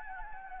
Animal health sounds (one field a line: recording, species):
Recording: mosquito wingbeat signal from an infrared sensor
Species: Anopheles gambiae